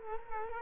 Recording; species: mosquito wingbeat signal from an infrared sensor; Culex quinquefasciatus